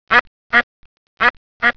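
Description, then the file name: Duck quacking: four short, nasal, buzzy quacks in two evenly spaced pairs, with faint clicks between them. "KACHNA"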